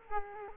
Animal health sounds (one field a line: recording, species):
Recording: mosquito wingbeat signal from an infrared sensor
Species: Culex quinquefasciatus